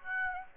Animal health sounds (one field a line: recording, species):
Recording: mosquito wingbeat signal from an infrared sensor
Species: Aedes aegypti